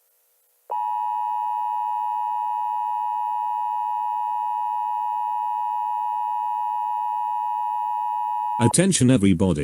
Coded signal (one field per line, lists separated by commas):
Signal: Emergency Alert System (SAME) tones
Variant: 853 and 960 Hz attention tone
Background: speech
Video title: Caillou makes a fake eas/grounded (MOST VIEWED VIDEO!)